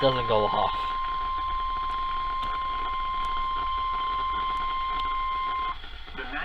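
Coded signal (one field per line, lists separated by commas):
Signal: Emergency Alert System (SAME) tones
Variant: 1050 Hz attention tone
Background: speech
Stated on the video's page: Real EAS alerts from August 24, 2020.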